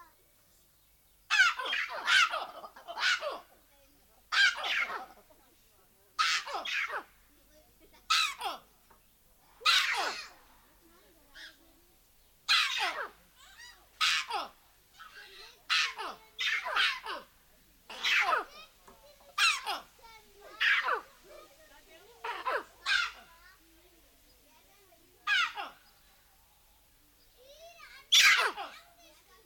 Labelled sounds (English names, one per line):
Collared Mangabey